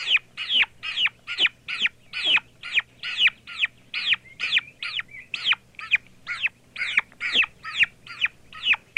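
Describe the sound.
Turkey chick calls: shrill, descending peeps repeated rapidly throughout, with a brief softer chirp in the middle.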